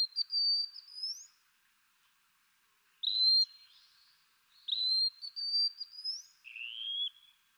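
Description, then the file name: Wallcreeper whistling a series of thin, high notes, several rising at their ends, with one lower slurred whistle near the close. "TICHODROME"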